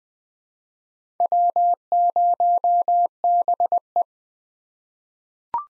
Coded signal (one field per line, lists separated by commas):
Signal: Morse code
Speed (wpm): 20 wpm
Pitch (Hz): 700 Hz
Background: none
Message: W0BE